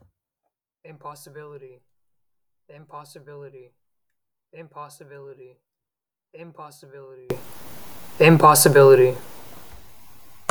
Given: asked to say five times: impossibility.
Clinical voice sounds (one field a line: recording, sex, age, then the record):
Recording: repeated word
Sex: male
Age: 18 to 19 years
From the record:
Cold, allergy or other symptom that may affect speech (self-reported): no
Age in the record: 18 years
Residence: Florida, United States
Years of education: 12